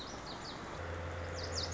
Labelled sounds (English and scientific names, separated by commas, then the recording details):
Lazuli Bunting (Passerina amoena)
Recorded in Sonoma County, California